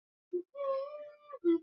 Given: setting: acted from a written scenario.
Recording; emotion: vocal sound without words; romantic love